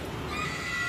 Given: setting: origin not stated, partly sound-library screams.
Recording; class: one-second piece from a danger detection set; woman in danger